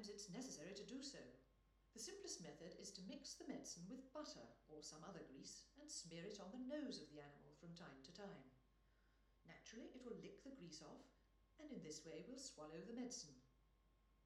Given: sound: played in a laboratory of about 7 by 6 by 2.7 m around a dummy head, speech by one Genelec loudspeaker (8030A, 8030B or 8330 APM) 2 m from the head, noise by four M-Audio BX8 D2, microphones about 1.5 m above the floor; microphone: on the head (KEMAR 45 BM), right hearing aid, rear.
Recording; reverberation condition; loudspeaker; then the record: female speech in English; medium; 150 degrees to the right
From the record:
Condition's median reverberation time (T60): about 510 ms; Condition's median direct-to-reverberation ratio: about -0.5 dB